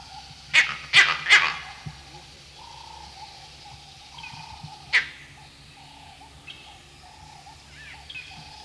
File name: Vervet Monkey (Chlorocebus pygerythrus)